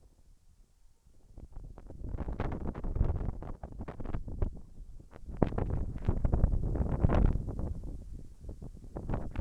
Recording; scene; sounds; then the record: everyday scene through a hearing-aid microphone; wind on the microphone; wind, whistling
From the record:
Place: in front of a rural house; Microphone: behind the ear, left, rear